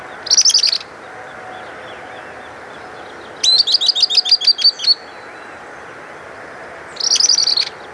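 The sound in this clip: Bird giving three bursts of rapid, high chattering notes, the middle one longer with around ten quick sharp notes, separated by gaps of a few seconds of hiss.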